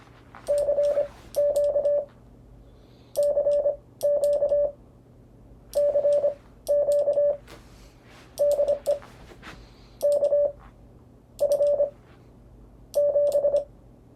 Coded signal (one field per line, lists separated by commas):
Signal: Morse code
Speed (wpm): 25 wpm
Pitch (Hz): 580 Hz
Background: none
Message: CQ CQ CQ DE KF7